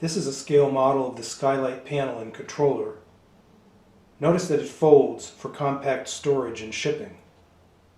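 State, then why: Not seated. Someone talks while handling a scale model of a skylight panel and its controller, which folds for compact storage and shipping, with a quiet pause near the middle. The model's aluminum track and its two folding support legs have not been raised yet, and neither leg has clicked or locked into place.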